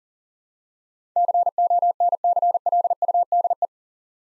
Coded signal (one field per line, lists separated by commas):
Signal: Morse code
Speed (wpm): 37 wpm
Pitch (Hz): 700 Hz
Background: none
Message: CONCLUDE